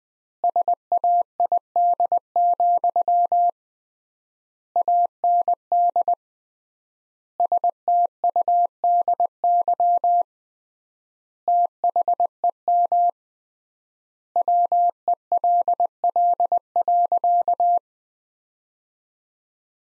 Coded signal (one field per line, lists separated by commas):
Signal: Morse code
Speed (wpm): 21 wpm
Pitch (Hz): 700 Hz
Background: none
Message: SAID, AND STUDY THEM WELL.